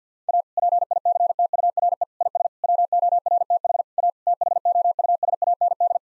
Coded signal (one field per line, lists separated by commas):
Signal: Morse code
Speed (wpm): 50 wpm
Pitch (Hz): 700 Hz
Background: none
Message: A PICTURE IS WORTH A THOUSAND